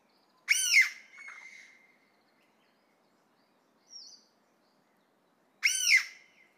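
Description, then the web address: Chinese bamboo partridge: loud harsh ringing calls with stacked harmonics, two bursts about five seconds apart, each followed by a fading trailing note, with a brief high chirp between. "izumino saunndo kozyukei"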